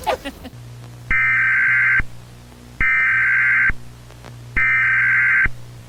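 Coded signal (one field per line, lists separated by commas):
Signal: Emergency Alert System (SAME) tones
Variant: header bursts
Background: speech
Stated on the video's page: Simulated World War III alert scenario, remastered.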